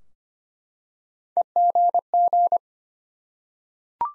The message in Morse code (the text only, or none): EGG